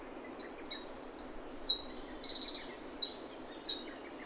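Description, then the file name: Eurasian wren singing throughout, a rushing, very high stream of quick trills and piercing notes that never pauses throughout, over soft background hiss. "Troglodytes troglodytes"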